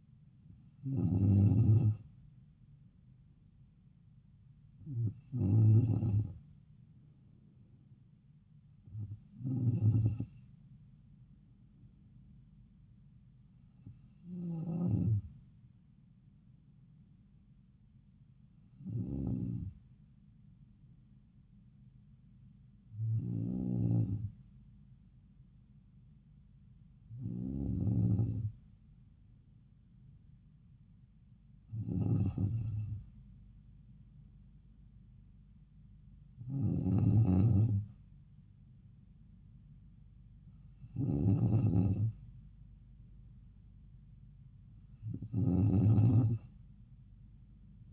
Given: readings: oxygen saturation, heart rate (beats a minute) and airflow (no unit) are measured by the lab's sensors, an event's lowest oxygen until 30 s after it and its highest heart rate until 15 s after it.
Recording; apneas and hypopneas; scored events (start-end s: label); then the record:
breathing in sleep by a smartphone at the bedside; none
none scored
From the record:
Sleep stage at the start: N2 (light sleep); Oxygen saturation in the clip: 94%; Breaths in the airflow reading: 11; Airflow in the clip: -3.2 to 4.2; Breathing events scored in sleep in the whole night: 270 in 6.1 hours asleep